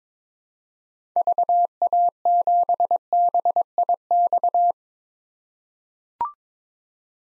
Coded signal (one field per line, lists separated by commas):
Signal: Morse code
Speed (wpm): 22 wpm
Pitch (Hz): 700 Hz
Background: none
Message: VA7BIX